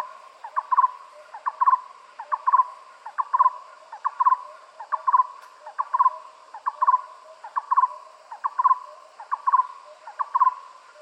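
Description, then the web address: Barbet giving a rhythmic, repeated call: each phrase a short cluster of low hooting notes, recurring evenly a little more than once a second. "animal-sound barbet-sound"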